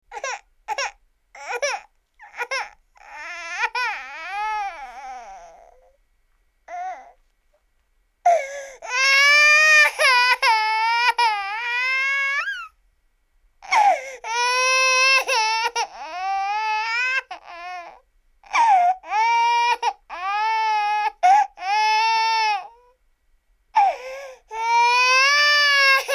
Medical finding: Baby Cry.